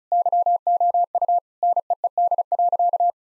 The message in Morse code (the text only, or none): YOU NEED.